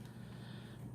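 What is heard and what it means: A fixed-blade knife, turned the right way round, is being reinserted into its plastic friction-fit sheath. Only a steady low hum is heard, with no sharp hit. Nothing has clicked or seated yet.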